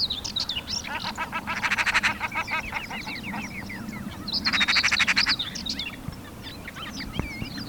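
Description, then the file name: Eurasian magpie harsh rattling chatter in two short bursts, amid busy twittering and squeaky whistles over a low background hum. "Pica pica"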